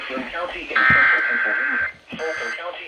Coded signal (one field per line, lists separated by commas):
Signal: Emergency Alert System (SAME) tones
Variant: header bursts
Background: speech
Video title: CRAZANITY II: THE SQUALL... EAS Alerts from 7/11/21 (EAS #395-416)